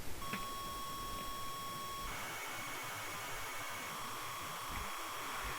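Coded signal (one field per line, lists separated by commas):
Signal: computer data on cassette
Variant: Amstrad CPC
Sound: a steady buzzy lead tone for two seconds, then continuous harsh data hiss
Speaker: do you know what while this is loading i'm going to sum up a bit of review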